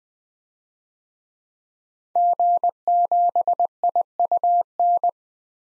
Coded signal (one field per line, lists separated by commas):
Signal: Morse code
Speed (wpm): 21 wpm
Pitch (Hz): 700 Hz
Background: none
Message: G7IUN